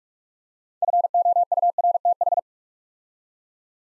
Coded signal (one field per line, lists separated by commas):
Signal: Morse code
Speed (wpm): 44 wpm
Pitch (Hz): 700 Hz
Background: none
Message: FOURTH